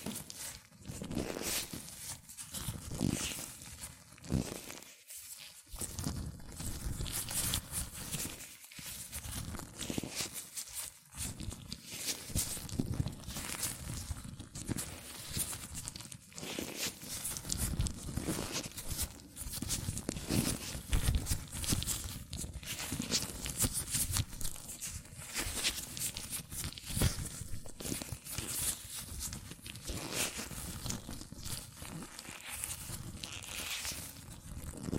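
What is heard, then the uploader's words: Latex gloves rub, squeak and crinkle against hands in a dense, continuous stream of rustling and snapping. The texture stays busy and irregular throughout, with a few brief gaps in the first ten seconds, then an unbroken run of stretching, rubbing sounds. ASMR Latex Gloves Hand Sounds (No Talking).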